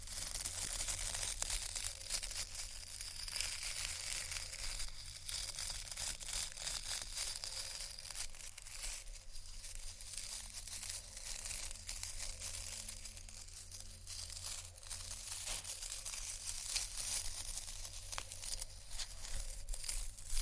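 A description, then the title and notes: Relaxing ASMR textures: a dense, continuous run of crinkling and scratchy rustling with bright, crisp detail, broken by frequent quick taps and crackles throughout. A steady low hum runs underneath the whole time, and the level stays fairly even across the twenty seconds. ASMR Relaxing Textures（No Talking）.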